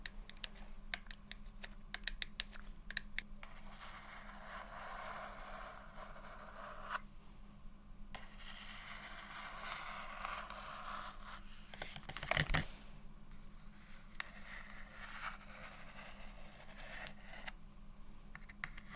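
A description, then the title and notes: Soft tapping and scratching runs continuously with quick clustered clicks, a louder knock near twelve seconds, over a steady low hum. ASMR Low Light SoftGentle Tapping & Scratching For Sleep (No Talking).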